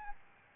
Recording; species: mosquito wingbeat signal from an infrared sensor; Aedes albopictus